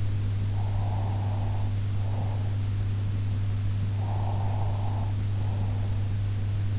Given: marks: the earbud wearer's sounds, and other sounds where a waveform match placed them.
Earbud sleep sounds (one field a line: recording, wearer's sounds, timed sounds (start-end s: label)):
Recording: sounds in sleep by an in-ear microphone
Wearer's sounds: breath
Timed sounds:
0.53-2.56 s: breath
3.87-5.96 s: breath